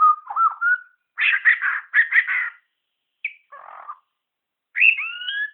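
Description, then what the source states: Shama song mixing a short whistled phrase, two bursts of harsh chattering rasps, a brief buzz, and finally long rising whistles. Borneo.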